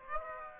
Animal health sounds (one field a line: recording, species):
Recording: mosquito wingbeat signal from an infrared sensor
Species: Aedes aegypti